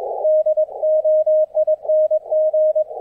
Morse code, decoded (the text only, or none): DOING